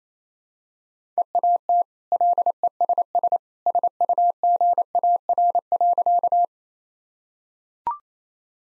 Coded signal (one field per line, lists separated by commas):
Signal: Morse code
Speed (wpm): 28 wpm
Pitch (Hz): 700 Hz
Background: none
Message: EAT LESS SUGAR.